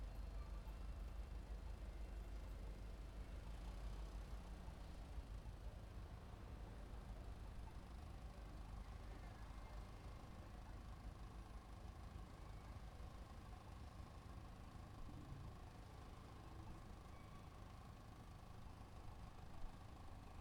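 A city sidewalk hums with steady traffic, a low rumble of vehicles holding constant for the whole stretch with no sharp breaks. Faint voices of passersby drift through, and a soft tonal line, perhaps music, runs underneath near the middle.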